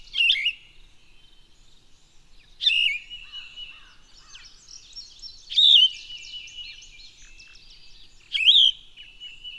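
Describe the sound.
Bird song: four loud, warbling phrases roughly every three seconds, over a busy background of high chirps.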